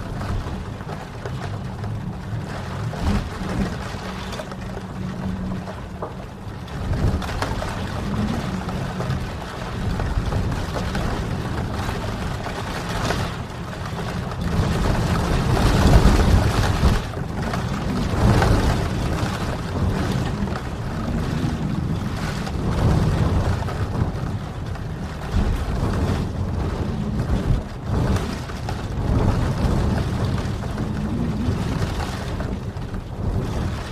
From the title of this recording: Serene Rain Sounds